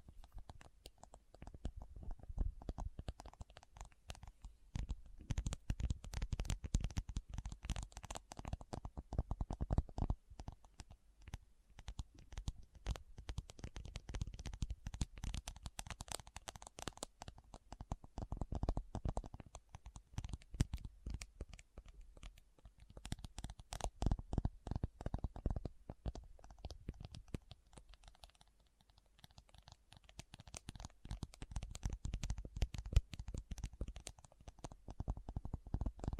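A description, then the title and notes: Someone rummages through a bag without talking, making a steady run of dense rustles, scratches and small clicks with almost no pause. The handling comes in quick, uneven bursts with soft low thumps under it, easing briefly around the half-minute mark before picking up again. ASMR What's In My Bag (No Talking).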